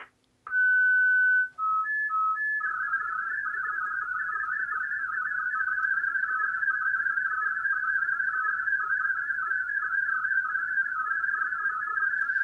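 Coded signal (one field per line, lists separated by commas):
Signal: multi-tone FSK (Olivia or MFSK type)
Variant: Olivia 8/500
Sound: steady whistle, alternating two-note warble, then rapid burbling tones in a narrow band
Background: faint low hum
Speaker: listen to the beginning of Olivia. It's very characteristic and unique, the beginning.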